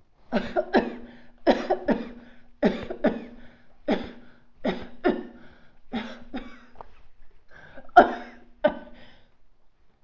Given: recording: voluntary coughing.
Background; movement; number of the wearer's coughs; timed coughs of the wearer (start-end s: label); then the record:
quiet; sitting; 13
0.31-0.67 s: cough
0.71-1.09 s: cough
1.44-1.80 s: cough
1.86-2.22 s: cough
2.60-2.98 s: cough
3.01-3.40 s: cough
3.85-4.23 s: cough
4.62-4.95 s: cough
5.02-5.44 s: cough
5.92-6.26 s: cough
6.26-6.77 s: cough
7.93-8.24 s: cough
8.62-8.85 s: cough
From the record:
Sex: female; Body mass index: 21.8 kg/m2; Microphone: on the chest, facing outward